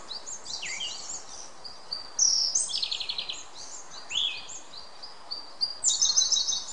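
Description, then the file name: Siberian thrush singing a run of high, squeaky whistles and chattering buzzy notes, with louder bursts near the middle and end against a faint background hiss. "suara anis siberia"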